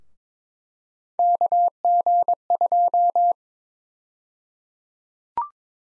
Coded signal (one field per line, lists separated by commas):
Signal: Morse code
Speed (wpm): 22 wpm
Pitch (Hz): 700 Hz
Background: none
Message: KG2